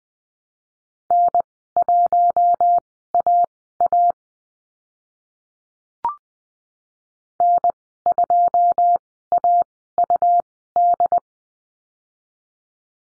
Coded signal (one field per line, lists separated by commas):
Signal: Morse code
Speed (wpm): 20 wpm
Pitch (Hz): 700 Hz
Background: none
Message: N1AA N2AUD